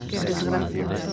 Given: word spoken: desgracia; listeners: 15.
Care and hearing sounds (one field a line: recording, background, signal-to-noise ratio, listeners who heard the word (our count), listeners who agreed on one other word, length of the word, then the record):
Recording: one Spanish word in noise, from a listening test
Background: eight-talker babble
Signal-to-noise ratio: -2.5 dB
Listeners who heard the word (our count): 1 of 15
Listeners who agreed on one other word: 6 of 15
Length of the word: 0.73 s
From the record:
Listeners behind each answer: 6, 1, 1, 1, 1, 1, 1, 1, 1, 1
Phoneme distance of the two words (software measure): 65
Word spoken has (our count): 3 syllables, 9 phonemes, stress on syllable 2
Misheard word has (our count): 2 syllables, 4 phonemes, stress on syllable 1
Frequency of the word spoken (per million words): 26.06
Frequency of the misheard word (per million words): 28.82